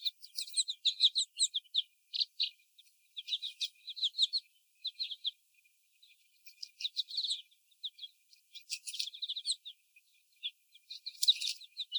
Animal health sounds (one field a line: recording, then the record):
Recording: young laying hens in a cage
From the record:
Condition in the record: before the stressor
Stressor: sudden umbrella opening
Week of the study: 1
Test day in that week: 1